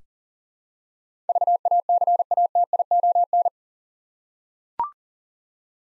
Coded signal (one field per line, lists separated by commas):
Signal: Morse code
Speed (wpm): 40 wpm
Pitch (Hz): 700 Hz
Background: none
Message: VACATION